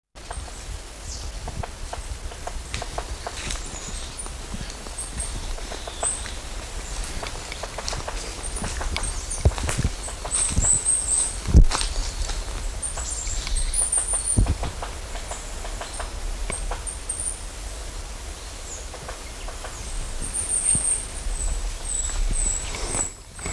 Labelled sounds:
Great Spotted Woodpecker (Dendrocopos major)

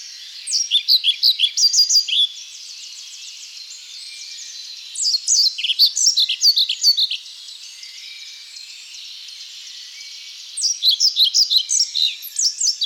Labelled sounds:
European Pied Flycatcher (Ficedula hypoleuca) song

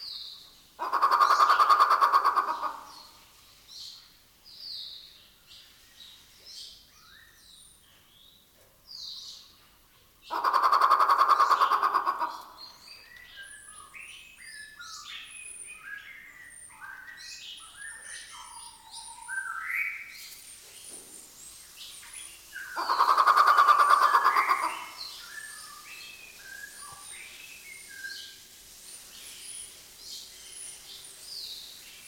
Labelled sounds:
Grey Peacock-Pheasant (Polyplectron bicalcaratum)

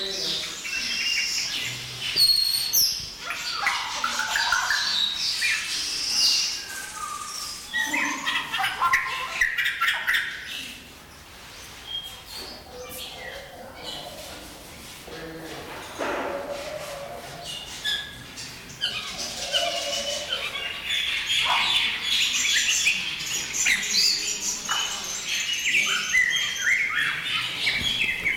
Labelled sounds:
White-rumped Shama (Copsychus malabaricus)

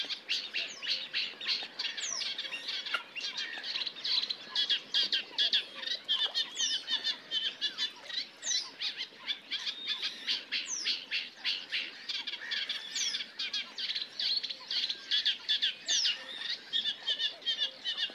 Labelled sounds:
Red-necked Grebe (Podiceps grisegena) call

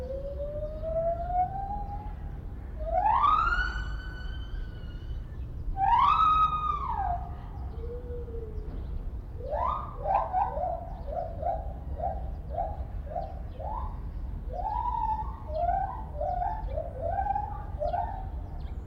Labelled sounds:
Lar Gibbon (Hylobates lar) call

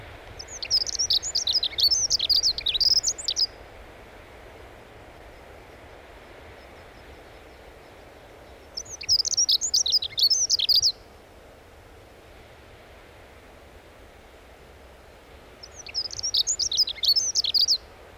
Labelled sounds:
Dunnock (Prunella modularis) song

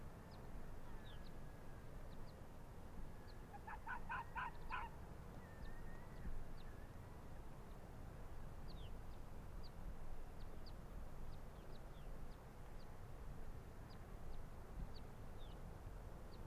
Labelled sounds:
Arctic Fox (Vulpes lagopus)

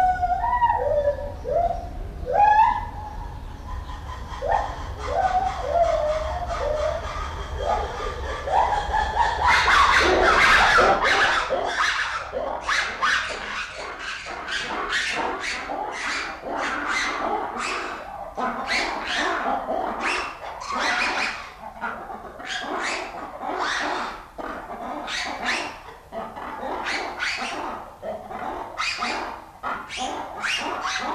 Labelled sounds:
Black-and-white Ruffed Lemur (Varecia variegata)

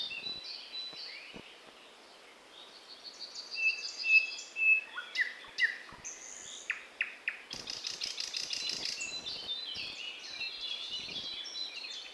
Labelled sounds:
Thrush Nightingale (Luscinia luscinia) song

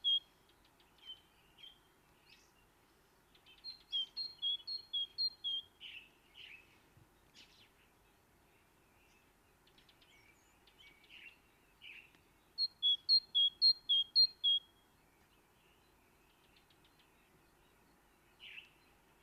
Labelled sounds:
Great Tit (Parus major) song

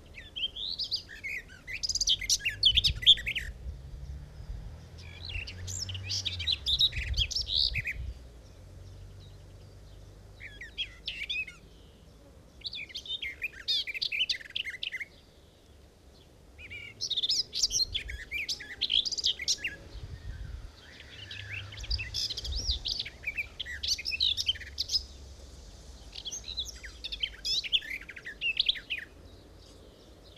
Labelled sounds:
Garden Warbler (Sylvia borin) song

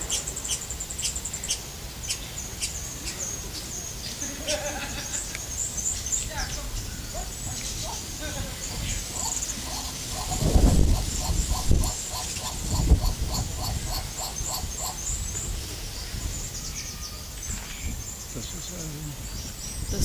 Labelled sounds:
Laughing Dove (Streptopelia senegalensis)

